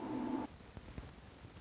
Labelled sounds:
Orange-crowned Warbler (Leiothlypis celata)
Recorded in Sonoma County, California

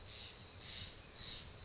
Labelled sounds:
Steller's Jay (Cyanocitta stelleri)
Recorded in Sonoma County, California

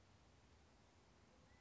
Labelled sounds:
California Quail (Callipepla californica)
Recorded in Sonoma County, California

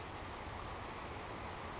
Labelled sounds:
Savannah Sparrow (Passerculus sandwichensis)
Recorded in Sonoma County, California

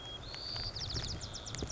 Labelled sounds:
White-crowned Sparrow (Zonotrichia leucophrys)
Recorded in Sonoma County, California

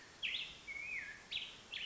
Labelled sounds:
Black-headed Grosbeak (Pheucticus melanocephalus)
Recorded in Sonoma County, California

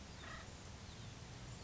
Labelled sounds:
Acorn Woodpecker (Melanerpes formicivorus)
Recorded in Sonoma County, California

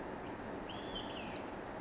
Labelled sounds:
Olive-sided Flycatcher (Contopus cooperi)
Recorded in Sonoma County, California

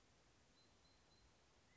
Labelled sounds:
California Quail (Callipepla californica)
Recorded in Sonoma County, California

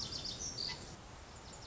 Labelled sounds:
Lazuli Bunting (Passerina amoena)
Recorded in Sonoma County, California

